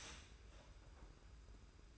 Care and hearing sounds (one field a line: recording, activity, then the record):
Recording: daily activity, microphone in the room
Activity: start toaster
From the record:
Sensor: 2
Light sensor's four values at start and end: 32/97/38/36 and 32/97/38/36